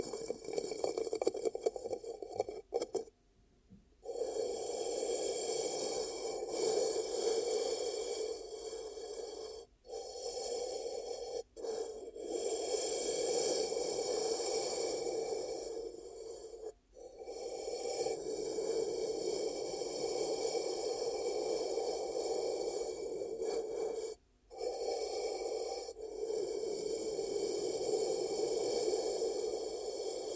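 Ear cupping: a muffled, airy rushing that holds steady with a hollow hum running through it. The sound cuts out briefly every few seconds, with clear gaps near 4, 10, 17 and 24 seconds, then resumes at the same level.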